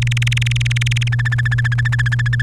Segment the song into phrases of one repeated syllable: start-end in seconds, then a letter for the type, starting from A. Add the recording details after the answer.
0.02-1.08 A, 1.12-2.42 B. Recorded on 30 April 2018 at 17:46. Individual llb3